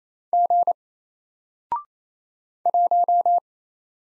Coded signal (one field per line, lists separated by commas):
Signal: Morse code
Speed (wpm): 27 wpm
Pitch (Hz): 700 Hz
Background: none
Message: G 1